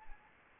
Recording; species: mosquito wingbeat signal from an infrared sensor; Anopheles arabiensis